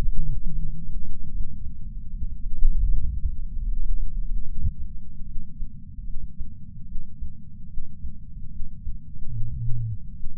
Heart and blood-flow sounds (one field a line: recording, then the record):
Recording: heart sounds by patch sensor on the chest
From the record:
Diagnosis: coronary artery disease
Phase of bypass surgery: postoperative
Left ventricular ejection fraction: 62.4%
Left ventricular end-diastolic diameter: 42 mm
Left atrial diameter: 34 mm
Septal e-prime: 9 cm/s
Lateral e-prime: 10 cm/s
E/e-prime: 10.4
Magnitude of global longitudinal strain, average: 12.8%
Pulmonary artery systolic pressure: 24 mmHg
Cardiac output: 5.9 L/min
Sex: male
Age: 63 years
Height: 165 cm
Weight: 70 kg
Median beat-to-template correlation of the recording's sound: 0.92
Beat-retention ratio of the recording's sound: 0.96